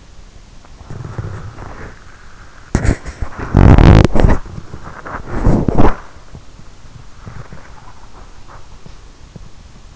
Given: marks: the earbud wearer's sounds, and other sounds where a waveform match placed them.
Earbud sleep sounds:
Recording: sounds in sleep by an in-ear microphone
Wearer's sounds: body movement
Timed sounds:
0.00-9.27 s: body movement

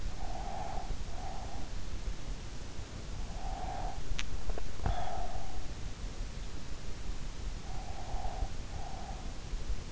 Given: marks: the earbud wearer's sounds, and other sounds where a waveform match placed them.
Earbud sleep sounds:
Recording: sounds in sleep by an in-ear microphone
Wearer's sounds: breath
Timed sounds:
0.00-1.88 s: breath
3.04-5.69 s: breath
7.50-9.57 s: breath

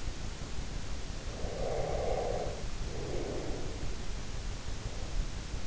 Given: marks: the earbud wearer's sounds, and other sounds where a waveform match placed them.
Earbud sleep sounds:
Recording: sounds in sleep by an in-ear microphone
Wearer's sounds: breath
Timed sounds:
1.42-3.88 s: breath

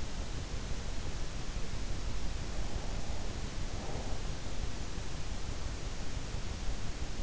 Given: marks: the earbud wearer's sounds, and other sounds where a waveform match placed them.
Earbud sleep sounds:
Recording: sounds in sleep by an in-ear microphone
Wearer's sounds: breath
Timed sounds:
2.49-4.50 s: breath

